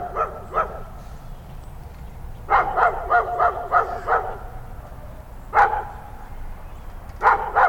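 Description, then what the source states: Dog barks: a pair of barks, then a quick run of several, followed by two more isolated barks, with low continuous hum underneath. Dog in the distance.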